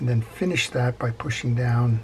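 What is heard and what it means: A small spring-loaded metal spring clip is being compressed and pushed down into the body of a D.A.M Quick 441N classic German spinning reel during servicing. Only someone talking is heard. Nothing has seated or clicked yet.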